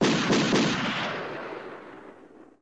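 A loud ragged volley of musket fire from streltsy on the walls, many shots cracking almost together in the first half-second, then a long rumbling echo that slowly fades away with no voices.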